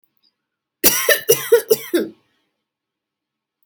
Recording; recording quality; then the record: heavy voluntary cough; excellent, no background noise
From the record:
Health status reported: healthy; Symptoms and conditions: none ticked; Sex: female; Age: 35 years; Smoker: not ticked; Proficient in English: yes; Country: India